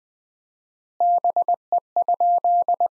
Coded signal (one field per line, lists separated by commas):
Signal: Morse code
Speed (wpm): 20 wpm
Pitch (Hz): 700 Hz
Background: none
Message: BE?